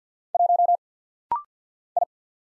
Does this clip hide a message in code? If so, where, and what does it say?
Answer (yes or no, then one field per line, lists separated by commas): yes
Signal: Morse code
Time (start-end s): 0.3-2.0 s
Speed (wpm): 50 wpm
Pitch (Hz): 700 Hz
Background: none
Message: 1 I